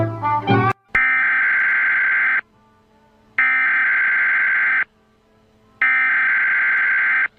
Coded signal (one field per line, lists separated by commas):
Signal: Emergency Alert System (SAME) tones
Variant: header bursts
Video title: EAS mock: Palisades fire